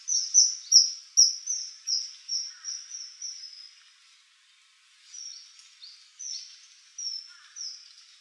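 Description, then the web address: Common kingfisher giving thin, piercing high whistles in a quick series, fading off, then a short pause before a few more. Recorded on 25 April 2014. "birdenaga kawasemi"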